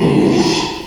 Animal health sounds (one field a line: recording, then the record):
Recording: squeal of a Yucatan mini pig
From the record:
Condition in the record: after surgery on the right vocal fold (resection and tissue-engineered implant)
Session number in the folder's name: 2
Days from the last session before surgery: 13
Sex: male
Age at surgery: 12 weeks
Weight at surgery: 13 kg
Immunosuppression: cyclosporine, prednisolone